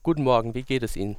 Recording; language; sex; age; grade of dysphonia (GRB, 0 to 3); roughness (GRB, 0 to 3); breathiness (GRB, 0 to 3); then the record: spoken sentence; German; male; 20 to 29 years; 0; 0; 0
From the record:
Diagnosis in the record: healthy voice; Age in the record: 22 years